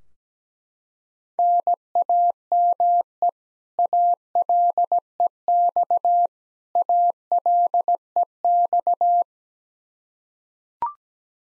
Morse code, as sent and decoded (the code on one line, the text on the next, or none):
-. .- -- . / .- .-.. . -..- / .- .-.. . -..-
NAME ALEX ALEX